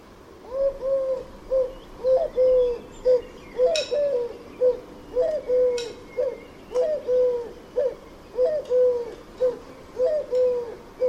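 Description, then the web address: Bird calling with mellow cooing notes, many short notes in a steady series, over faint background noise and a few clicks. "Deverinetal 2025 File origin Bird Only"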